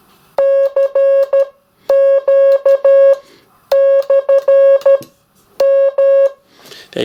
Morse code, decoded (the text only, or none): CQ /M